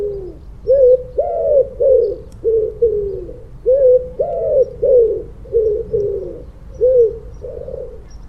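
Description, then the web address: Bird giving low hollow coos in repeated short phrases of slurred notes, with brief pauses between. "cianscape. Deverinetal. Bird Only"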